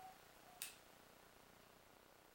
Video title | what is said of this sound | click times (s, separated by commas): Breathe Warm™ | slide together until you hear it click and that's | 0.6 s